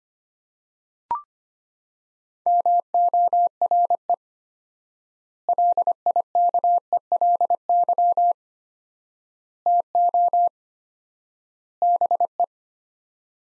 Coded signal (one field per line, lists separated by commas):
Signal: Morse code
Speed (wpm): 25 wpm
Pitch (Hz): 700 Hz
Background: none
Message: MORE LIKELY TO BE